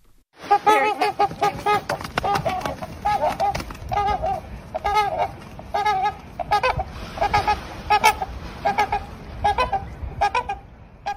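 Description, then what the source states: Trumpeter swans honking: loud, nasal, horn-like honks repeated in rapid overlapping bursts from more than one bird, with noisy rustling throughout. Two trumpeter swans in Toronto honking and flapping as they reunited after a brief separation.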